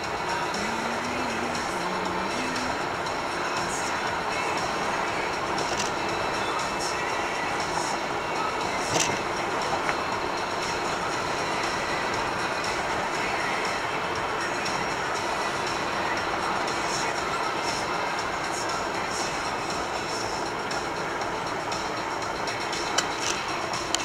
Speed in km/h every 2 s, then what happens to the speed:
54, 57, 57, 58, 58, 57, 56, 56, 55, 53, 51, 48.
0-15 steady at about 57. 15-24 slows to 48.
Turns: none.